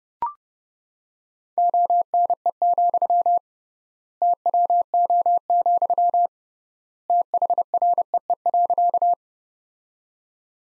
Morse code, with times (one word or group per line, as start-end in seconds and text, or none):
1.6-3.4 ONE,
4.2-6.3 TWO,
7.1-9.1 THREE.